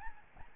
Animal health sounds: mosquito wingbeat signal from an infrared sensor; Aedes albopictus

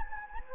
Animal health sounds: mosquito wingbeat signal from an infrared sensor; Anopheles gambiae

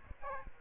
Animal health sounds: mosquito wingbeat signal from an infrared sensor; Aedes aegypti

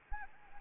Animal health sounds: mosquito wingbeat signal from an infrared sensor; Anopheles arabiensis

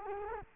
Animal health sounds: mosquito wingbeat signal from an infrared sensor; Culex quinquefasciatus

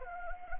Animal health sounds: mosquito wingbeat signal from an infrared sensor; Anopheles gambiae

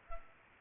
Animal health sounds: mosquito wingbeat signal from an infrared sensor; Culex pipiens

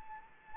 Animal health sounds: mosquito wingbeat signal from an infrared sensor; Anopheles gambiae

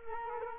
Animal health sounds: mosquito wingbeat signal from an infrared sensor; Culex quinquefasciatus

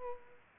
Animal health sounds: mosquito wingbeat signal from an infrared sensor; Culex pipiens

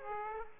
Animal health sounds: mosquito wingbeat signal from an infrared sensor; Aedes aegypti

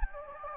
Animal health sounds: mosquito wingbeat signal from an infrared sensor; Anopheles gambiae

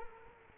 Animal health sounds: mosquito wingbeat signal from an infrared sensor; Culex quinquefasciatus

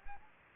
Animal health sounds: mosquito wingbeat signal from an infrared sensor; Anopheles gambiae

